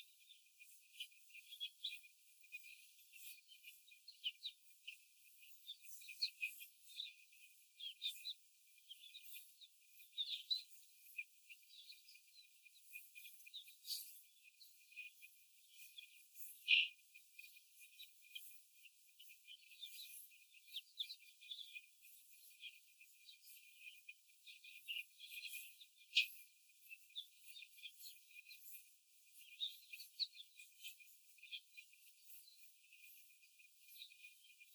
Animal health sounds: young laying hens in a cage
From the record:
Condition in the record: after the stressor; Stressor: simulated dog barking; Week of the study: 4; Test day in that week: 1

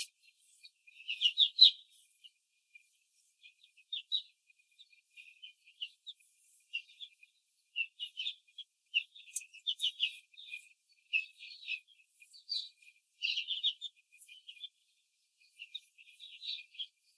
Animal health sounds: young laying hens in a cage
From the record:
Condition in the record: control cage, after the stress test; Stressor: none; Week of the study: 4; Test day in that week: 1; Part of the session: 4

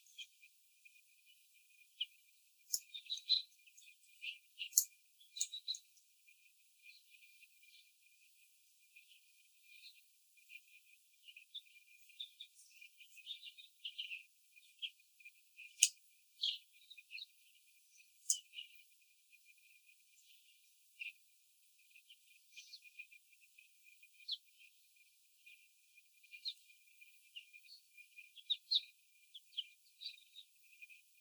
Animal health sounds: young laying hens in a cage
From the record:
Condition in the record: before the stressor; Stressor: sudden umbrella opening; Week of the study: 3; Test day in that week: 2

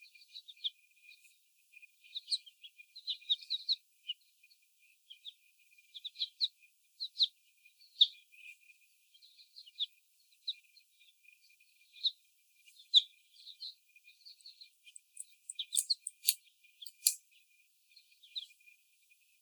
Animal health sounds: young laying hens in a cage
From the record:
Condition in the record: before the stressor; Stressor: sudden umbrella opening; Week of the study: 1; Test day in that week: 1

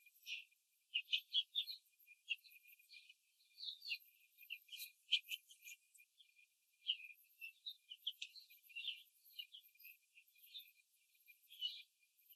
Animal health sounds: young laying hens in a cage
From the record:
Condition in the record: control cage, after the stress test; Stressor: none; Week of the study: 4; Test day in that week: 3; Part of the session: 1

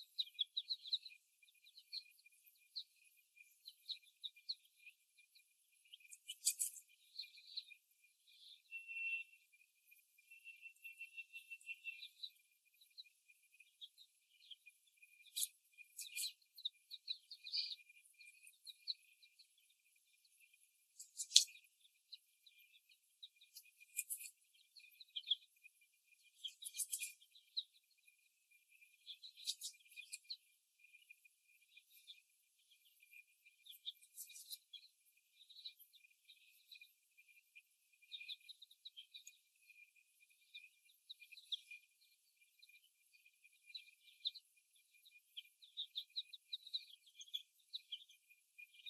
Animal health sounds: young laying hens in a cage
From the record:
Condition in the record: after the stressor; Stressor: simulated dog barking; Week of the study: 1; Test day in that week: 1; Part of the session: 4

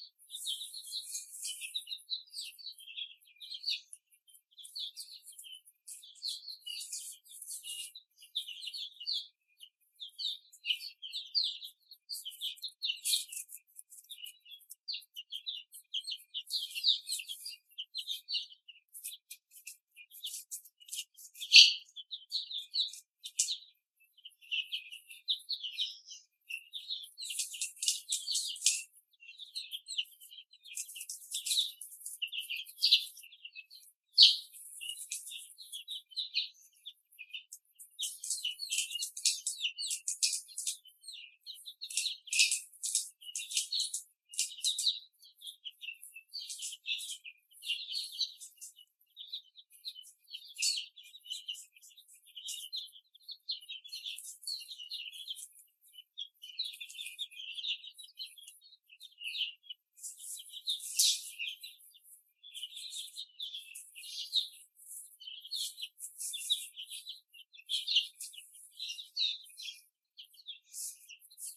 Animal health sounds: young laying hens in a cage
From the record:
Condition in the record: before the stressor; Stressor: simulated dog barking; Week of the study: 3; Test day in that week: 1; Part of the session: 2

